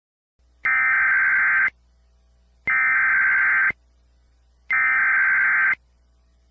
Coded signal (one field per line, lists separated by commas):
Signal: Emergency Alert System (SAME) tones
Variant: header bursts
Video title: Disney jr EAS